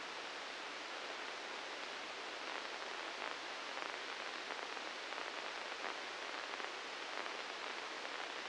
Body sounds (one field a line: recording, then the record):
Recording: brain microelectrode recording played as sound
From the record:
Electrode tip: inside the subthalamic nucleus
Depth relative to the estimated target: -1 mm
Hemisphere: right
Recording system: NeuroSet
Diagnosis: Parkinson's disease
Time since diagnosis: 19 years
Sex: female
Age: 69 years